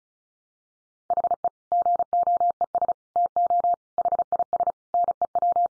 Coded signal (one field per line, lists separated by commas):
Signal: Morse code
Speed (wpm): 34 wpm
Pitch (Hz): 700 Hz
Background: none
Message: HE GOES TO HIS NEW